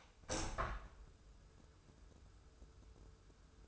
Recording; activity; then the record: daily activity, microphone in the room; open window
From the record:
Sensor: 2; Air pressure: 995.6 hPa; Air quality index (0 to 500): 90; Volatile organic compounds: 4 ppm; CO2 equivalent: 1649 ppm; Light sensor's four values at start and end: 24/76/30/29 and 24/77/31/29